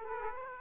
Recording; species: mosquito wingbeat signal from an infrared sensor; Aedes aegypti